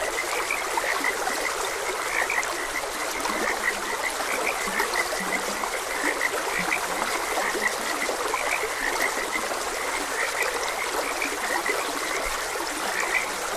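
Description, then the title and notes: Frog chorus with rapid, even chirping notes and occasional low croaks beneath a steady wash of running water. Frogs croaking beside a gentle stream. "Gentle Stream and Frogs Croaking. Sleep and Relaxation Podcast"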